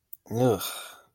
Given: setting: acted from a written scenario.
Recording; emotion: vocal sound without words; disgust